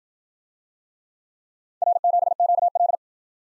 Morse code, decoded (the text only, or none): R7QL